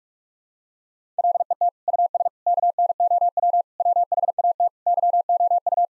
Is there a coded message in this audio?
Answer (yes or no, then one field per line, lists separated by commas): yes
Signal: Morse code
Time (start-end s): 1.2-5.8 s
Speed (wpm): 41 wpm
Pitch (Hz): 700 Hz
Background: none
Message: LET US KNOW WHAT YOU